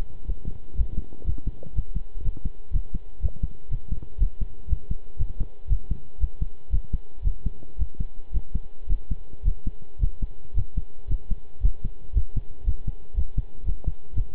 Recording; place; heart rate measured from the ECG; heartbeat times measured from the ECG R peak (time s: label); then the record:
heart sounds by stethoscope; between the tricuspid and mitral areas; 117 bpm
0.26 s: heartbeat
0.76 s: heartbeat
1.25 s: heartbeat
1.74 s: heartbeat
2.23 s: heartbeat
2.72 s: heartbeat
3.21 s: heartbeat
3.70 s: heartbeat
4.19 s: heartbeat
4.68 s: heartbeat
5.18 s: heartbeat
5.69 s: heartbeat
6.19 s: heartbeat
6.71 s: heartbeat
7.23 s: heartbeat
7.78 s: heartbeat
8.32 s: heartbeat
8.88 s: heartbeat
9.44 s: heartbeat
10.00 s: heartbeat
10.55 s: heartbeat
11.08 s: heartbeat
11.62 s: heartbeat
12.14 s: heartbeat
12.65 s: heartbeat
13.15 s: heartbeat
13.65 s: heartbeat
14.14 s: heartbeat
From the record:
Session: pedaling a stationary bicycle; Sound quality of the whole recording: good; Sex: male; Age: 23 years